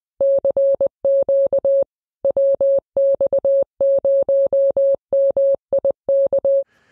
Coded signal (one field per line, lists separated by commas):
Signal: Morse code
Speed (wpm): 20 wpm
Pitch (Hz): 550 Hz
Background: none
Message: CQ WX0MIK